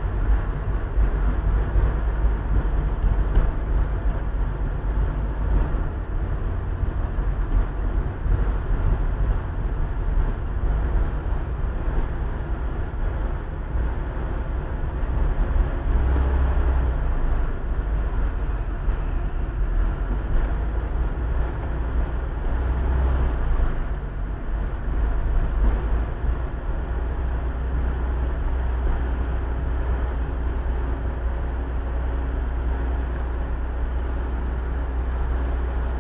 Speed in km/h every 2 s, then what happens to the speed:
27, 26, 25, 24, 25, 24, 23, 20, 19, 20, 20, 19, 19, 19, 19, 14, 11, 9.
0-28 steady at about 20. 28-36 slows to 9.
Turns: none.